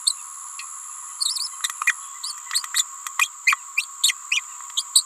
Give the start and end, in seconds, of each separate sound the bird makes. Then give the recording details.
0.06-0.15, 1.19-1.48, 1.86-1.93, 2.51-2.62, 2.74-2.83, 3.19-3.28, 3.46-3.56, 4.03-4.14, 4.31-4.41, 4.76-4.83, 4.95-5.03. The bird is a female. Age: 28 days. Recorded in a nest box in Venezuela. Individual 17B31A3